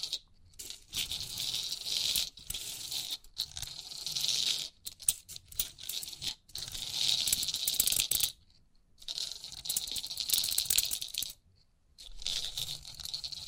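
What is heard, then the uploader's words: Crisp pin art tingles: dense, bright clicking and rattling of many small pins, coming in bursts of a second or two separated by brief silences. The rattling is thickest and sharpest in the upper range, with quiet gaps near 8 and 12 seconds. Crisp 3D Pin Art Tingles(No Talking).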